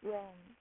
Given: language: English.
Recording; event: throat vibration sensor signal played as sound; speech